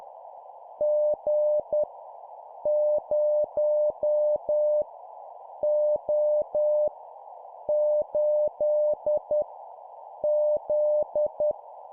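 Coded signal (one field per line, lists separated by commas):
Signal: Morse code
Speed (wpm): 10 wpm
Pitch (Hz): 600 Hz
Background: none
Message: G 0 O 8 Z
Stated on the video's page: Morse code learning practice of random letters and numbers at 10 wpm.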